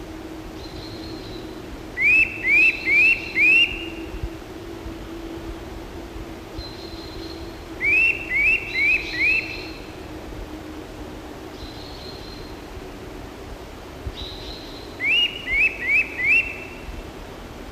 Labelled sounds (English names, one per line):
Eurasian Nuthatch song